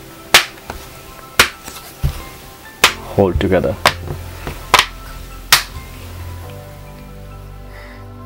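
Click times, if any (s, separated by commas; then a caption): 0.3 s, 1.4 s, 2.8 s. Retaining clips on the plastic back cover of a Samsung Galaxy Tab snap into the tablet frame one after another as the edge is pressed around, since this is how the cover holds together. Sharp, loud snaps land at 0.4, 1.4 and 2.8 seconds, with more similar snaps around 4.7 and 5.5 seconds, while someone talks over a faint steady tonal background. The clips seat and the cover is held in place.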